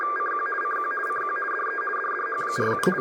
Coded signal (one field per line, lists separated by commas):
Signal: RTTY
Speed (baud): 50 baud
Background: speech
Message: CQ CQ CQ DE DDH47